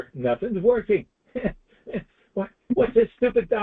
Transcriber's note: laughs